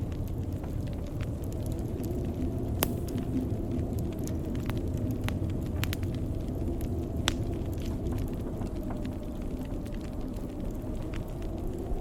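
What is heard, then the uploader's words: A fireplace crackles over a steady, deep roar of blizzard wind. The low rumble holds constant throughout, while sharp pops and snaps break in irregularly every second or so, with a couple of louder cracks near three and seven seconds. Blizzard With Fireplace Crackling. This audio was recorded in the video game The Long Dark.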